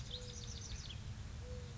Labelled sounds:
Mourning Dove
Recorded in Sonoma County, California

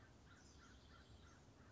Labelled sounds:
American Crow
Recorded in Sonoma County, California

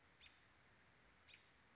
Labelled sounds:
American Robin
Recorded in Sonoma County, California

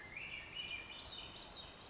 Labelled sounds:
Swainson's Thrush
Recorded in Sonoma County, California

